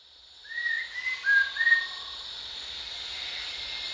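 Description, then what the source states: Rufous-tailed shama giving a quick string of four or five pure, level and slightly rising whistles in about one and a half seconds, with constant insect buzz behind. Recorded at Danum on 1 January 2008.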